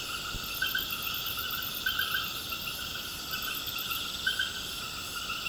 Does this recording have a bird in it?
no